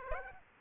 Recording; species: mosquito wingbeat signal from an infrared sensor; Aedes aegypti